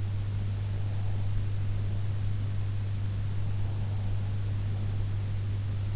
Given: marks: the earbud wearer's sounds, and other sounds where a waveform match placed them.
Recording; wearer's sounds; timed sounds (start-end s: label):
sounds in sleep by an in-ear microphone; breath
3.40-5.18 s: breath